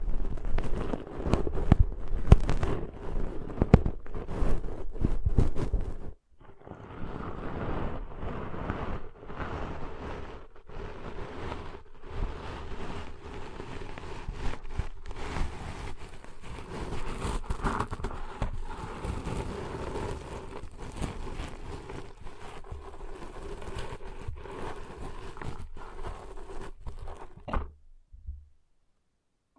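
Ear cleaning sounds: dense, crackly scratching and rustling with frequent sharp clicks. The first six seconds are louder and rumbly, then a brief gap gives way to steadier, softer scraping that continues until it stops just before the end, leaving silence.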